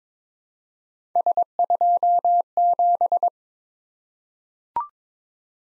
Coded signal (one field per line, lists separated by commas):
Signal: Morse code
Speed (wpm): 22 wpm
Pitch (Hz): 700 Hz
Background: none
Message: S27